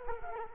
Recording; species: mosquito wingbeat signal from an infrared sensor; Culex quinquefasciatus